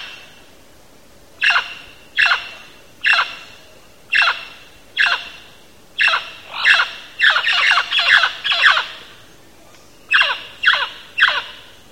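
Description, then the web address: Mealy parrot calls: a long series of loud, harsh squawks, each sharp and rasping, spaced roughly every second with a denser cluster after the middle. Recorded in Belize. "belize birds birdsongs mealy-parrot"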